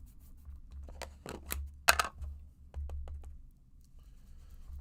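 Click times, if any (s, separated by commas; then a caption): 1.9 s. A second craft layering piece is lined up where the first one sat on the crafting tool and pressed into its registered position during card making. After some light scratching and handling sounds, it snaps into place with a sharp loud click at 1.9 s, and the piece is seated.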